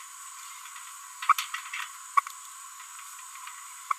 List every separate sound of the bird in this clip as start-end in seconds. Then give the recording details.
2.17-2.20, 3.91-3.92. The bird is a female. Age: 30 days. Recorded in a nest box in Venezuela. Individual 17B42B3